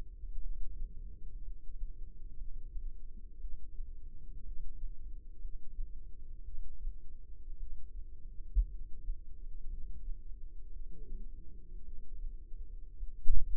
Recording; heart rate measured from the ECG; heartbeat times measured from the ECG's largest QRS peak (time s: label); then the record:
heart sounds by microphone in the left ear; 57 bpm
0.41 s: heartbeat
1.42 s: heartbeat
2.36 s: heartbeat
3.39 s: heartbeat
4.43 s: heartbeat
5.39 s: heartbeat
6.43 s: heartbeat
7.58 s: heartbeat
8.69 s: heartbeat
9.68 s: heartbeat
10.71 s: heartbeat
11.83 s: heartbeat
12.98 s: heartbeat
From the record:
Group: healthy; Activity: rest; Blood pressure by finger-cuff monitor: 88/63 mmHg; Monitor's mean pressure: 71 mmHg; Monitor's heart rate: 58 bpm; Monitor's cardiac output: 4.1 L/min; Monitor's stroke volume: 71 mL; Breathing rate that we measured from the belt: 16 breaths a minute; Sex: female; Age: 36 years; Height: 163 cm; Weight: 88 kg